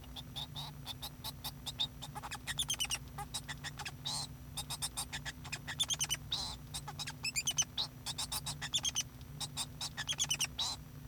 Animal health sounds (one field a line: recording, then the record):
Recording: song of a male Bengalese finch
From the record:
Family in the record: son of father 2